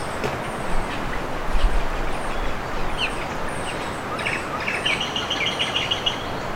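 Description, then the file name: Bird calls: thin high whistles early on, then quick trilled chirps toward the end, with steady low background noise. "SABIOD 50 bird 2015"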